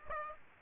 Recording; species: mosquito wingbeat signal from an infrared sensor; Aedes aegypti